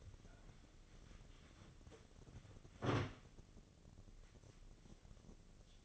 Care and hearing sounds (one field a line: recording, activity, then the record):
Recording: daily activity, microphone in the room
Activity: wipe stove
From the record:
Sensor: 4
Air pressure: 1013.2 hPa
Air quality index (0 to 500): 178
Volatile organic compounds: 2 ppm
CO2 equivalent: 1123 ppm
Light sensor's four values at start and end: 95/239/98/104 and 94/237/98/104